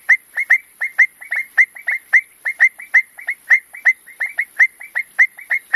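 Frog calling with short, sharp mid-pitched clicks, often in quick doubles, repeated several times a second over a steady faint high hiss.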